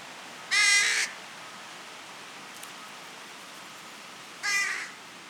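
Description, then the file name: Carrion crow: two rough, hoarse caws about four seconds apart over a soft background hiss. "Corvus corone"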